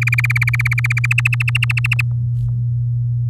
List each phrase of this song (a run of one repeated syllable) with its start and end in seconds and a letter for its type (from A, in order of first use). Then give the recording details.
0.01-1.06 A, 1.11-2.01 B. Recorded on 6 May 2018 at 15:54. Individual llb16